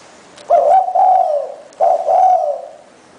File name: นกเขาใหญ่